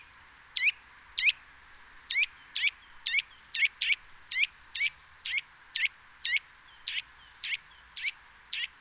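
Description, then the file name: Eurasian nuthatch repeating sharp, buzzy-edged call notes about twice a second in a fairly steady, slightly uneven series throughout. "Sitta europaea"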